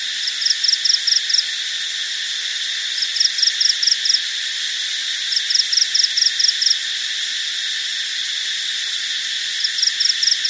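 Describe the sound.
Cricket producing short groups of high ticking pulses, four groups spaced unevenly, over a continuous shrill background hum.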